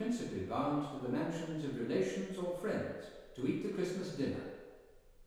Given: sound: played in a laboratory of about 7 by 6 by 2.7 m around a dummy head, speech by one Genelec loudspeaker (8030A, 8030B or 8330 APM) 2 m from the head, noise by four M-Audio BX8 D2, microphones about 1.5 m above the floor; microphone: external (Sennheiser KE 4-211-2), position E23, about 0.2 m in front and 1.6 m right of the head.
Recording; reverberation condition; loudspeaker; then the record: male speech in English; high; 30 degrees to the right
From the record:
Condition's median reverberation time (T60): about 1300 ms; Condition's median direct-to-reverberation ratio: about -4.0 dB